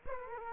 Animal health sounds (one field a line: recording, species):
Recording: mosquito wingbeat signal from an infrared sensor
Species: Culex quinquefasciatus